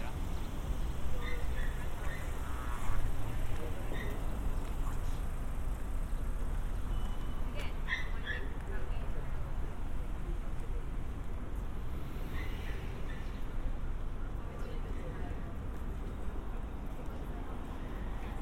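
A binaural walk through San Diego streets: a steady low traffic rumble with brief voices and faint clinks, one sharp knock near three seconds.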